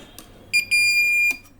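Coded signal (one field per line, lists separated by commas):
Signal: beep code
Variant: hotel RFID door lock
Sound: two quick high beeps, then a long steady high beep, between mechanical clicks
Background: mechanical clicks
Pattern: 2 short, 1 long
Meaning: The lock has been reset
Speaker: as three times one two then it gives a long beep that means it has to be already reset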